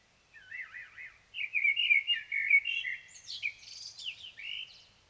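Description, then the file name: Common blackbird song: a few looping fluty notes, then a longer mellow warble, breaking into scratchy, high twittering notes at the end of the phrase. "Turdus merula"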